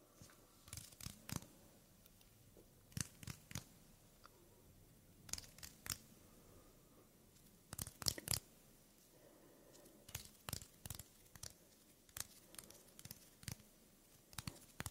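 Soft hand movements and skin sounds, up-close, with brief brushing and rubbing bursts arriving every second or so over a quiet low rumble.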